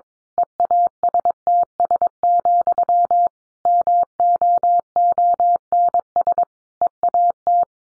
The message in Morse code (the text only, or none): EASTS, MOONS EAT